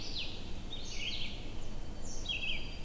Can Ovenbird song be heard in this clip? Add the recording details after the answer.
no. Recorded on 21 June 2016 at 07:28. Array SBT-6-76